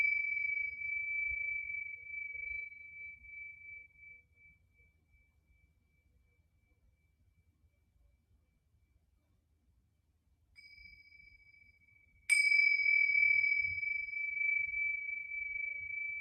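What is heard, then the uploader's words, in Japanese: A singing bowl rings with a pure, high, steady tone that slowly fades away over the first seven seconds, leaving near silence. The tone faintly returns around ten seconds, then a sharp strike at about twelve seconds sets it ringing loudly again until the end. 朝焼けのメキシコから シンギングボウルのサウンドヒーリングライブ。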